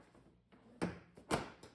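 The hinged seat of a 2014 Tao Tao BWS 150cc GY6 Chinese scooter (a Yamaha Zuma clone) is closed down onto the frame. After a quiet rustle, a strong impact sounds at 0.8 s as the latch catches and the seat seats, followed by another loud thud around 1.3 s and a lighter knock near 1.6 s.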